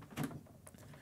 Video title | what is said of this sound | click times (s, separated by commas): Macintosh Color Classic Logic Board Swap - Krazy Ken's Tech Misadventures | There we go, it's not really a snap, it's more like a schloonk. | 0.7 s